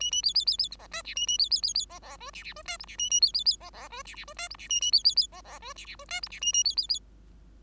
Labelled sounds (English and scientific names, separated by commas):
Bengalese Finch (Lonchura striata domestica) song